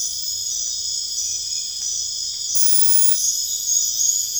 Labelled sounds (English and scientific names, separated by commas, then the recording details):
none
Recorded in dense forest near Puerto Asís, Putumayo, Colombia, on 21 December 2024 at 22:00
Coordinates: 0.484, -76.325
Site G056